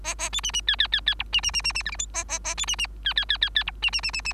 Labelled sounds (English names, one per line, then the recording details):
Bengalese Finch song
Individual Bird3